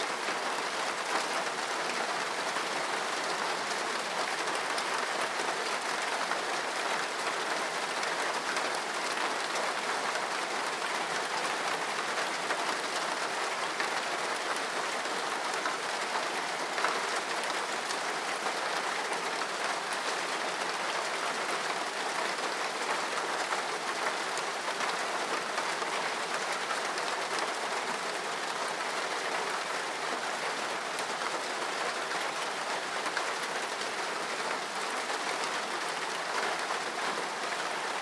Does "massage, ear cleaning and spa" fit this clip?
no